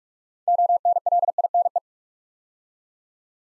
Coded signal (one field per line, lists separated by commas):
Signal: Morse code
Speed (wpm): 44 wpm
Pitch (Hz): 700 Hz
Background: none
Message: ONLINE